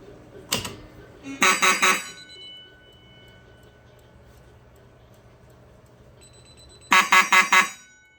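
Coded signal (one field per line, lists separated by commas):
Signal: alarm pattern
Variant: temporal-4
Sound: a click, then four quick buzzy horn blasts, a long pause, and four more blasts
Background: pull station click, small room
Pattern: 4 short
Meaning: Carbon monoxide alarm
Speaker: Now right now this is set as a CO pull. So let's pull it.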